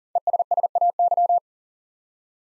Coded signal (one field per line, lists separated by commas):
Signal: Morse code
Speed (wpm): 42 wpm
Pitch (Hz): 700 Hz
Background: none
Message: ESSAY